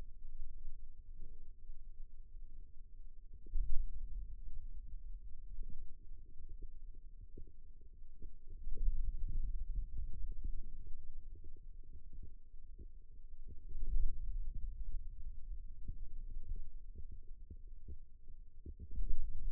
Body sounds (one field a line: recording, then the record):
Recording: forearm muscle sounds (acoustic myography)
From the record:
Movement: radial deviation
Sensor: system 2, bracelet of six BSWA MPA416 microphones around the upper forearm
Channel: 2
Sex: male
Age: 22 years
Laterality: right